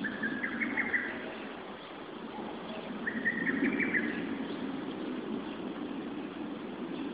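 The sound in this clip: Lesser cuckoo with two faint, slurred multi-note phrases a few seconds apart, above persistent low-pitched background noise.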